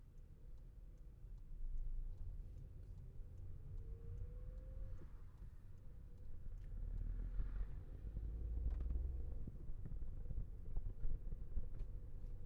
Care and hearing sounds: everyday scene through a hearing-aid microphone; in a vehicle; engine, traffic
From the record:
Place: Skoda Fabia, gasoline engine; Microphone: behind the ear, left, rear

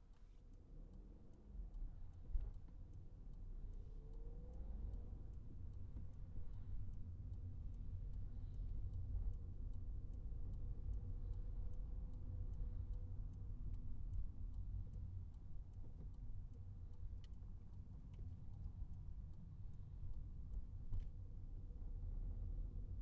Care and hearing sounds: everyday scene through a hearing-aid microphone; in a vehicle; engine, highway traffic jam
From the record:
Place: Skoda Fabia, gasoline engine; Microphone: behind the ear, right, front

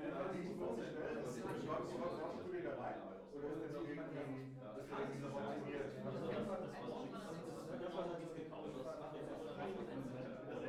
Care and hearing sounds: everyday scene through a hearing-aid microphone; many people talking; many voices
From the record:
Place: bistro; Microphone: behind the ear, right, front

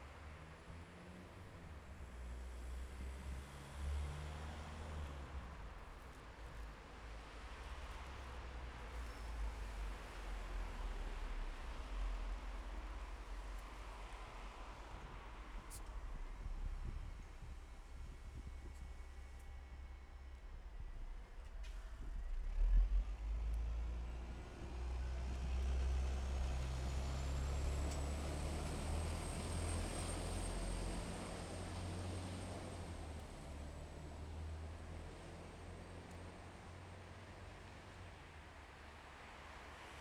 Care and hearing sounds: everyday scene through a hearing-aid microphone; in traffic; traffic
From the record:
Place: bus stop on a city main road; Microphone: behind the ear, left, rear

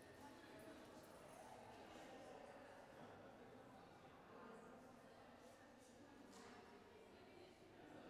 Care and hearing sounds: everyday scene through a hearing-aid microphone; reverberant space; background noise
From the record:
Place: railway station hall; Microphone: behind the ear, left, front

